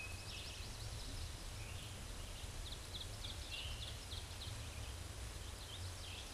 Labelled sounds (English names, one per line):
Ovenbird song